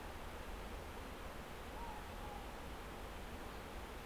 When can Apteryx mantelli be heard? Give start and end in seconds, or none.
none